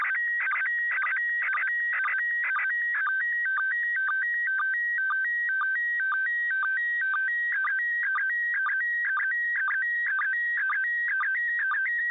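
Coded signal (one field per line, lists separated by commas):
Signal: SSTV (slow-scan television)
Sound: steady warbling tones alternating between two pitches, with short low blips twice a second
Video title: ISS SSTV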